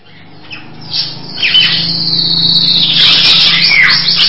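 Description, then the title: Nias hill myna producing a loud, drawn-out screech made of sweeping notes that slide down in pitch, rising in strength then holding, over a low steady hum. "Jalak Nias"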